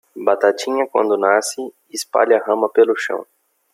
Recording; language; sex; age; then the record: short text; Brazilian Portuguese; male; 20 to 29 years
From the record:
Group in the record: control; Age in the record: 25 years